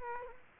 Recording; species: mosquito wingbeat signal from an infrared sensor; Culex quinquefasciatus